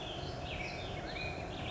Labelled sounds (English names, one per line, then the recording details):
Black-headed Grosbeak
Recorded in Sonoma County, California